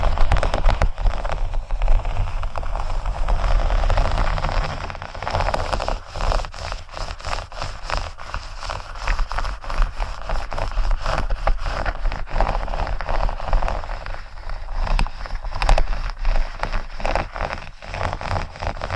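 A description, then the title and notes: Faux leather being scratched, a dense, continuous rasping made of many quick, irregular scrapes and crackles with no pauses. The texture is gritty and fairly bright, with a steady low rumble underneath, and the level stays even across the whole stretch. ASMR Faux Leather Scratching（No Talking）.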